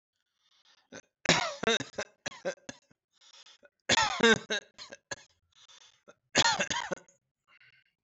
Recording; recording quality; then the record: heavy voluntary cough; excellent, no background noise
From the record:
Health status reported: healthy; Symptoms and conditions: ischaemic heart disease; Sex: male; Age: 51 years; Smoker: not ticked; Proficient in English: yes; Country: India